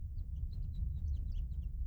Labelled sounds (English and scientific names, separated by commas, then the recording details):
House Finch (Haemorhous mexicanus) song
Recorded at Hewlett Harbor on Long Island, New York, on 10 June 1975
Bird M